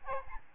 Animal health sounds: mosquito wingbeat signal from an infrared sensor; Aedes albopictus

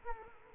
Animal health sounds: mosquito wingbeat signal from an infrared sensor; Culex quinquefasciatus

